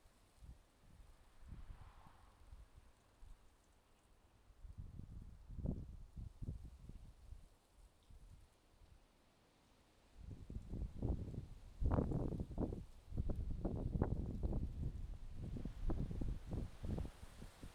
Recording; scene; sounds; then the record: everyday scene through a hearing-aid microphone; wind on the microphone; wind, traffic, birds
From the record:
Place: suburban garden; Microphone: in the ear canal, left